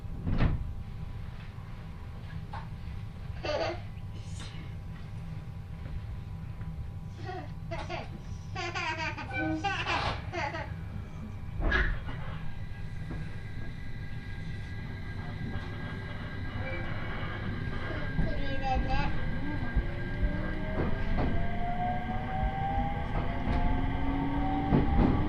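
A ride on the Uetsu Main Line train from Ugo-Honjo toward Akita, with a steady low rumble throughout. Scattered voices and short clatters fill the first twelve seconds, then rising whining tones build as the train gets louder toward the end.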